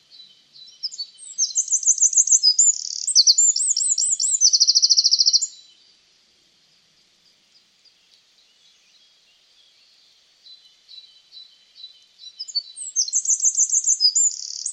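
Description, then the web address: Bird song: high, rapid twittering phrases with trilled and looping notes, a pause, then the song begins again near the end. "Deverinetal 2025 File origin Bird Only"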